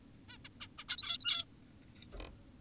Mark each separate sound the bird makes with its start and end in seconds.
0.29-0.38, 0.45-0.49, 0.61-0.68, 0.78-0.84, 0.89-1.45